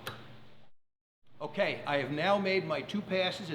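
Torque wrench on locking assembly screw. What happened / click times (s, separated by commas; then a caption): Torque wrench clicked out at its setting / 0.1 s. A torque wrench tightens a screw on a Climax KLD Series locking assembly (C133, C123, C192, C193, or C170) to 105% of the specified torque, with repeated passes on each screw. A single short tick is heard at 0.1 s as the wrench clicks out at its setting, followed by a brief silence. Then someone talks.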